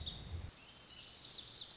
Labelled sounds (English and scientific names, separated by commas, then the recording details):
Lazuli Bunting (Passerina amoena)
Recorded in Sonoma County, California